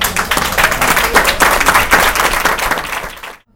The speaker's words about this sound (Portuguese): Me dá uma salva de palmas, pera aqui.